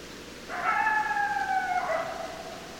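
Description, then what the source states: Coyote howl: one steady, harmonic, drawn-out note lasting over a second, sliding slightly down at the end, against a soft background hiss. Recorded 10 December 2012.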